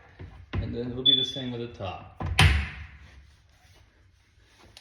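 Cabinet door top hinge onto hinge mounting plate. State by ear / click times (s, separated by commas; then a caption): seated / 2.4 s. Someone talks, then the top hinge of a cabinet door, made from an IKEA drawer door, is pushed onto its hinge mounting plate the same way as the bottom one. It snaps in with a sharp, loud click at 2.4 s, seating the hinge on the plate. A faint tick follows near the end.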